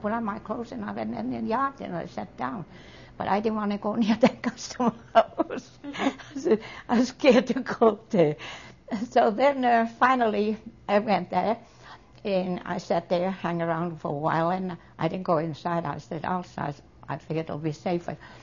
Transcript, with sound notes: I put on my clothes and I went into the yard and sat down. But I didn't want to go near the Customs House. (She laughs) I said I was scared to go up there. So then finally I went there and I sat there, hung around for a while, I didn't go inside, I stayed outside, figured it would be safer.